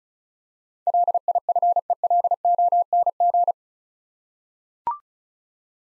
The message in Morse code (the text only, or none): LIFELONG